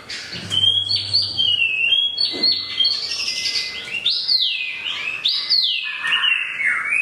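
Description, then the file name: Chinese hwamei song: sweeping, wavering whistles rising and falling, with a long slurred phrase and a faint steady tone underneath. Used for training cage birds (omkicau). "audio-hwamei-mini-2-omkicau"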